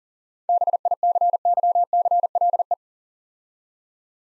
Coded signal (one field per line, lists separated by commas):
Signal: Morse code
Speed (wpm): 42 wpm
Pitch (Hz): 700 Hz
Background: none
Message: BICYCLE